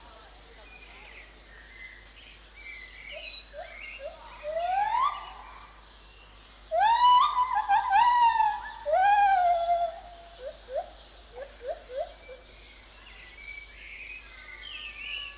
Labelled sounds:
Lar Gibbon (Hylobates lar)

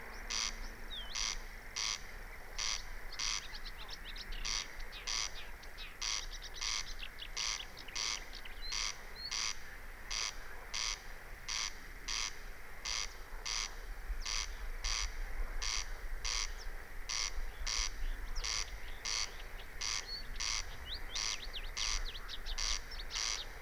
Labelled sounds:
Corn Crake (Crex crex)

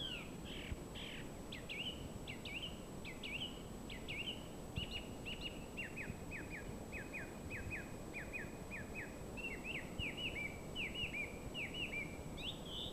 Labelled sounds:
Song Thrush (Turdus philomelos) song

